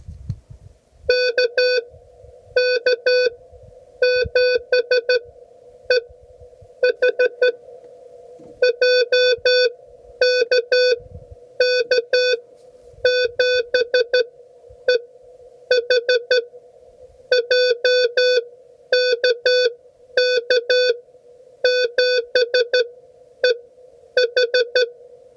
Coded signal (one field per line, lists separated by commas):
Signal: Morse code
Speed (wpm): 12 wpm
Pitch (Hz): 500 Hz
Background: none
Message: KK7EHJ KK7EHJ KK7EH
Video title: Learning CW the Hard Way - Back to Coronado National Forest (POTA)